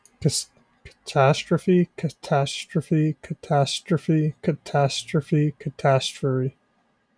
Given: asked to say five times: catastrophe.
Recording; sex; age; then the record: repeated word; male; 20 to 29 years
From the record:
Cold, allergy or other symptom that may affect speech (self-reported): no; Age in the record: 26 years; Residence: Pennsylvania, United States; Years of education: 12